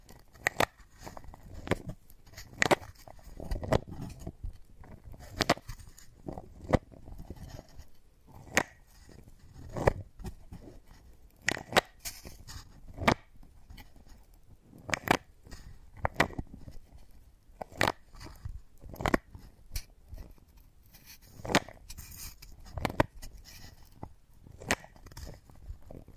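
Wooden balls knock and click in irregular bursts, each a sharp, bright tap that fades quickly, sometimes landing in quick clusters of two or three. Between the taps come soft rolling and rubbing sounds over a quiet, low background.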